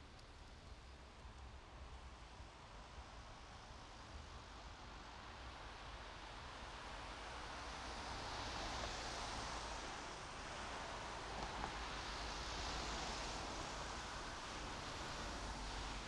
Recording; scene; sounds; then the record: everyday scene through a hearing-aid microphone; in traffic; traffic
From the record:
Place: main road on the outskirts, rush hour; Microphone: in the ear canal, right